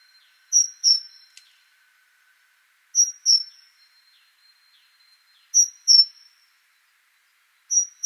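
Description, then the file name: Great tit singing crisp, high paired notes repeated every few seconds; a brief click and a faint steady tone early on. "Parus major"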